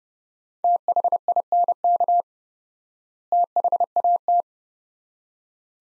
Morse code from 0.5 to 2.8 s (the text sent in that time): THINK